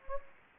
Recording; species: mosquito wingbeat signal from an infrared sensor; Anopheles gambiae